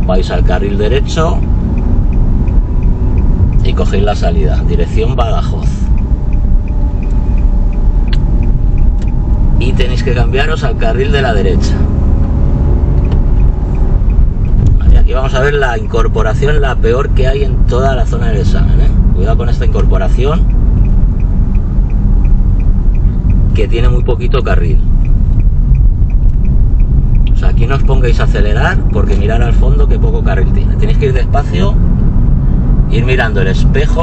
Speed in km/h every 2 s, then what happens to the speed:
31, 32, 32, 29, 29, 32, 37, 37, 38, 36, 34, 31, 26, 25, 33, 40, 44.
0-8 steady at about 31. 8-12 speeds up to 37. 12-17 steady at about 37. 17-26 slows to 25. 26-34 speeds up to 44.